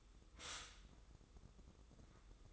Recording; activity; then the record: daily activity, microphone in the room; stop toaster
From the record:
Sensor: 3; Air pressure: 995.2 hPa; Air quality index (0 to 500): 73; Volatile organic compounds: 4 ppm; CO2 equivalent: 1689 ppm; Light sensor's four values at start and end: 17/52/22/19 and 17/52/22/19